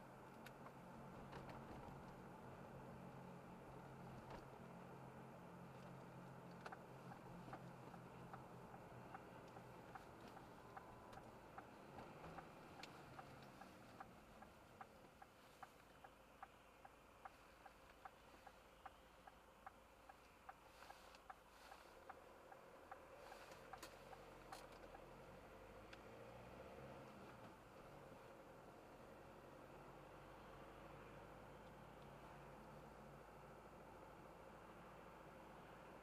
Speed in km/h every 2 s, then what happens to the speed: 49, 48, 47, 47, 44, 42, 30, 16, 12, 8, 8, 11, 22, 32, 34, 38, 39, 40.
0-6 steady at about 47. 6-18 slows to 8. 21-36 speeds up to 40.